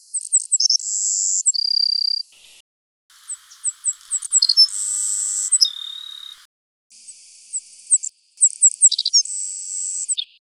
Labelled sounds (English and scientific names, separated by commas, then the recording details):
Savannah Sparrow (Passerculus sandwichensis) song
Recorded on Kent Island, New Brunswick, in 2006